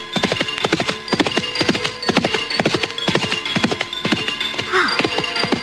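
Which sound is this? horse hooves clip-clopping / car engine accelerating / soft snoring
horse hooves clip-clopping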